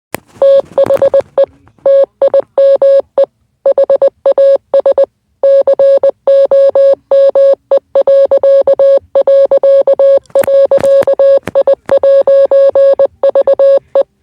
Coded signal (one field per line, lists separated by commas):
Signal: Morse code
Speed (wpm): 20 wpm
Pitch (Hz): 550 Hz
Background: none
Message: THE TIME HAS COME...I'VE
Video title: Morse code